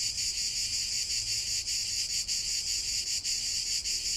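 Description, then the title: Short stretch of cicada song, a loud high whirring buzz with several brief dips. Cicada song in Provence, the backdrop to a guided siesta meditation. "Méditer en Provence avec le Chant des cigales"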